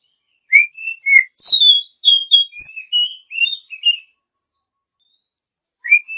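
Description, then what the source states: Oriental magpie-robin song, a rich phrase of whistles and slurred notes lasting a few seconds, then a pause before another note. A champion bird.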